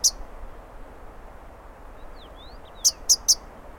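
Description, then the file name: Himalayan beautiful rosefinch giving sharp, high ticking notes: a single note at the start, then a quick run of three near the end, over faint hiss. "rosefinch-himalayan-beautiful -Carpodacus-pulcherrimus"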